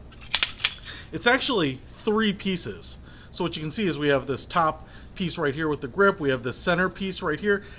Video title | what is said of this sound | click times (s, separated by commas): The Divnick Adjustable Golf Club Review | you actually say you're supposed to do it with some force so that it locks into place, but it's | 0.3 s, 0.4 s, 0.6 s